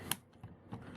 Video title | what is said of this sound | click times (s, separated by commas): Super Sentai Go Buster review part 2 | and you'll hear it click | 0.1 s